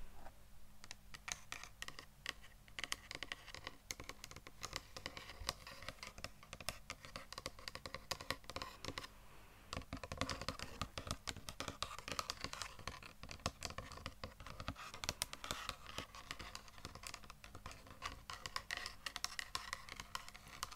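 ASMR tapping: dense, rapid clicky taps run continuously for the whole stretch, with a brief scratchy, fuller patch around ten seconds.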